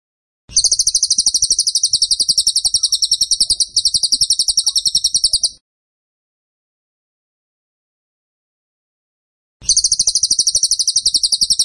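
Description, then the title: Tembakan bird song as a rapid, high, buzzy trill of evenly pulsed notes in a five-second burst, then silence, then a second burst. Energetic, vocal (gacor) tembakan bird used for masteran song training. "Masteran Burung Tembakan Gacor"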